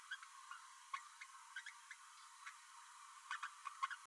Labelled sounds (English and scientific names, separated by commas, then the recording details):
Green-rumped Parrotlet (Forpus passerinus) babbling
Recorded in a nest box in Venezuela
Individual 18B12A3